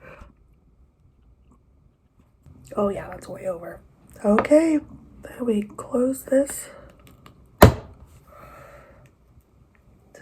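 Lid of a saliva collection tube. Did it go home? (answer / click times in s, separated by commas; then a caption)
yes / 7.6 s. Someone talks, then presses the plastic funnel lid of a DNA saliva collection tube shut. A loud, short click is heard at 7.6 s as the lid snaps shut and seats, followed by faint rustling.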